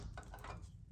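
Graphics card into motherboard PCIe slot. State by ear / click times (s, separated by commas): seated / 0.2 s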